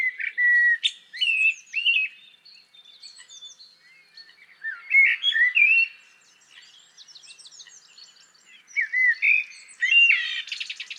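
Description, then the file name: Common blackbird singing in separate bursts: mellow fluted whistles followed by high, scratchy twitters, with short pauses between the bursts. "Turdus merula"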